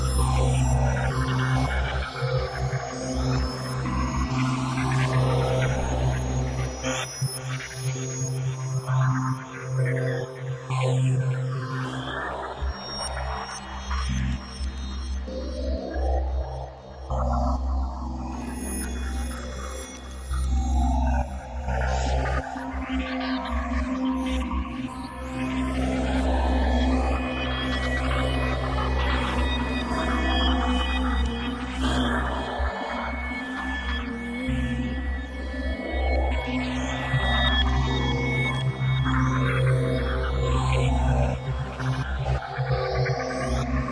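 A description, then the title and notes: Designed texture from a rumbling fan, morphed with sweeping filters into gliding whale-like tones over a steady low hum, with processed wind-chime glints. Textured sounds, designed from sounds of a rumbling misting pedestal fan morphed and modulated using some interesting S&H filter action, and layered with digitally processed wind-chimes.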